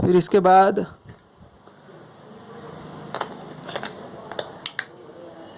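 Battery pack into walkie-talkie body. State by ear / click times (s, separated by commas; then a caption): seated / 4.8 s. Someone talks briefly at the start, then a battery pack is pressed onto the back of an Alinco DJ VX 46 handheld walkie-talkie, fitted the way old mobile phone batteries were. A few small clicks and taps are heard from about 3.2 s to 4.7 s, followed by a sharp click at 4.8 s. The battery pack is confirmed properly seated.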